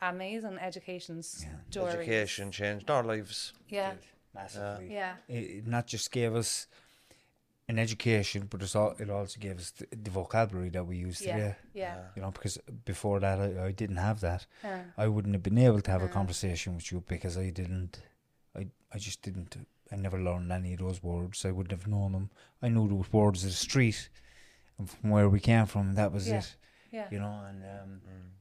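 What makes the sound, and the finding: Adult man speaking in conversation. Fluent speech.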